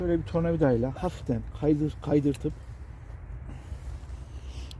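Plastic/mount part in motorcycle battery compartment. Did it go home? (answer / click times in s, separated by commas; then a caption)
yes / 4.7 s. A plastic mounting part in the battery compartment of a Yamaha MT-25 motorcycle is slid gently into place with a screwdriver while someone talks. The talking fades into a low steady background, and a single sharp click at 4.7 s marks the part seating in place.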